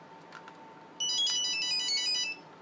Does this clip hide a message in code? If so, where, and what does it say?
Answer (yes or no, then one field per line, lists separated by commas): no